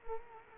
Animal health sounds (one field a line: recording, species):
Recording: mosquito wingbeat signal from an infrared sensor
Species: Culex quinquefasciatus